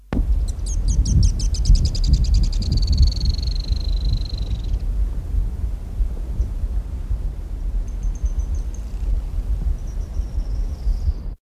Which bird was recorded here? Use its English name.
Short-billed Canastero